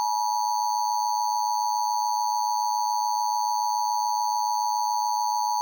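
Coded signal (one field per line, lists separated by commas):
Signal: Emergency Alert System (SAME) tones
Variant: 853 and 960 Hz attention tone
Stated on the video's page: Fictional EAS scenario; simulated alert, not a real broadcast.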